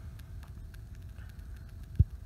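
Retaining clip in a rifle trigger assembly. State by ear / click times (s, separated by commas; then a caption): not seated / none. A metal retaining clip is spun around and lined up on a rifle trigger assembly, ready to be pressed into place. Faint small ticks of handling come at 0.2, 0.4 and 0.8 seconds over a low steady hum, with a brief low thump near 2.0 seconds. Nothing has seated or clicked yet.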